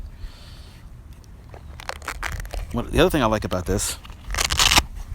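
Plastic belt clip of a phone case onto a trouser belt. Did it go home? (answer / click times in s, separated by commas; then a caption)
yes / 1.9 s. A plastic phone-case belt clip is slid under a trouser belt, pressed against the belt's top edge and pushed down, giving a burst of small clicks and scrapes from about 1.8 to 2.5 seconds, with the loudest snap at 1.9 seconds as it seats firmly and stays on. Someone then talks, and a few more sharp handling sounds come around 4.3 to 4.5 seconds.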